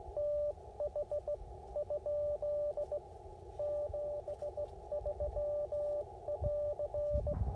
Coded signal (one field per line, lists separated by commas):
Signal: Morse code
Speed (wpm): 16 wpm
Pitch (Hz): 590 Hz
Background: radio noise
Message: TH ? 73 <AR>